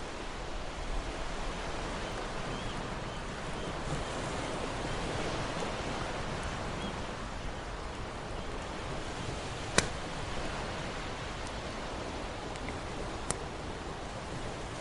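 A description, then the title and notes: A campfire burns beside the sea, with a steady, dense wash of surf-like hiss filling the whole recording at an even level. Two sharp, bright pops from the fire stand out, near the ten-second mark and again around thirteen seconds. Campfire with an Ocean View. The crackling of the flames dances in perfect sync with the gentle lapping of the ocean waves against the shore.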